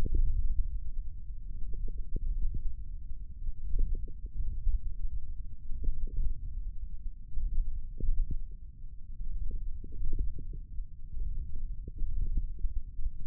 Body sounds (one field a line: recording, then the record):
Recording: forearm muscle sounds (acoustic myography)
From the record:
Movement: ulnar deviation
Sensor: system 1, eight BSWA MPA416 microphones around the upper forearm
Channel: 5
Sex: male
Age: 28 years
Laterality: right